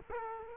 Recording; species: mosquito wingbeat signal from an infrared sensor; Culex quinquefasciatus